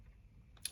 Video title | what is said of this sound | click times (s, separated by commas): Diamond Select The Rocketeer 7” figure review Disney | Pops off easily. It's on a ball joint. | 0.6 s, 0.7 s